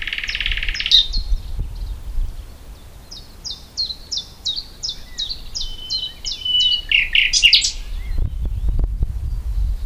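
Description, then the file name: Common nightingale song: a buzzy opening phrase, then a series of sharp notes and a sustained whistle with chuckling notes, with low rumbling noise. "Luscinia megarhynchos"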